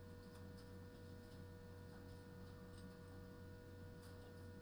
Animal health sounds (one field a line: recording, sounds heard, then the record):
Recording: poultry house recording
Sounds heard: no chicken sound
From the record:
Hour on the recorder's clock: 21